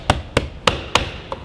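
A plastic side trim clip is pressed toward its hole in a van body panel as the trim is struck with a fist. Five dull thumps land at about 0.1, 0.4, 0.7, 1.0 and 1.3 s, the ones at 0.7 and 1.0 s sharpest. Nothing has seated or clicked yet.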